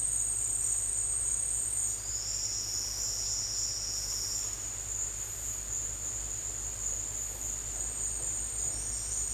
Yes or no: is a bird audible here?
no